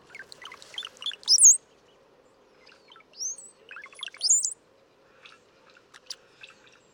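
Brown-headed cowbird song, two phrases of liquid gurgling notes each ending in a squeaky, high slurred whistle, about three seconds apart, followed by faint scattered chips.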